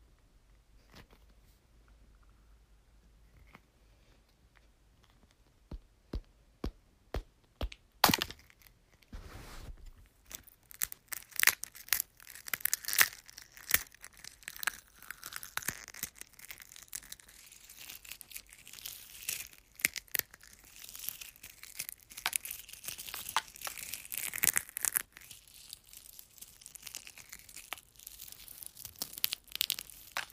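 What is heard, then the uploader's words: Eggs are crunched with sharp, brittle cracks and crinkles that begin sparse, then thicken after about ten seconds into a dense, irregular crackling. ASMR Crunching Eggs.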